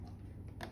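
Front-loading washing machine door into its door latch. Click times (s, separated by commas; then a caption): 0.6 s. A front-loading washing machine door is pushed closed into its door latch. A short, sharp click is heard at 0.6 seconds as the latch catches and the door seats shut.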